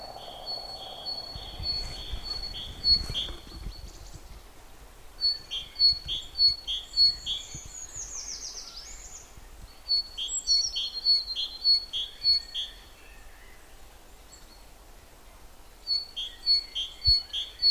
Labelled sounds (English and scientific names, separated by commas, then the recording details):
Great Tit (Parus major) song
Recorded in the wild
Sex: male
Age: adult
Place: Prenden, Brandenburg, DE
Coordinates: 52.8347, 13.62
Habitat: wood
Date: 1992-03-07 13:50
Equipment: Aiwa HD-S1, Sennheiser ME 80, 1:1 Kopie
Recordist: Frommolt, Karl-Heinz